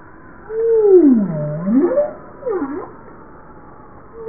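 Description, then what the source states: Bowhead whale moan: one long call sliding down into a deep dip and back up, followed by a shorter sweep, over constant underwater noise. Recorded 20 April 1988 at 16:26.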